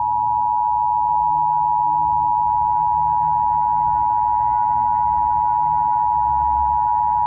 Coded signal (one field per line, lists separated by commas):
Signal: Emergency Alert System (SAME) tones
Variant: 853 and 960 Hz attention tone